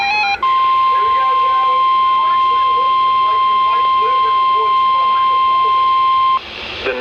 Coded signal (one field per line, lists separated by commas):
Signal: Emergency Alert System (SAME) tones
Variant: 1050 Hz attention tone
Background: speech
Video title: Severe Thunderstorm Watch (EAS #936) 7/21/16